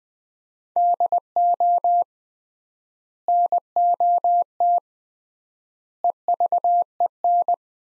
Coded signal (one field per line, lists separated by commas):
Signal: Morse code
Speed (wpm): 20 wpm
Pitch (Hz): 700 Hz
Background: none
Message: DO NOT EVEN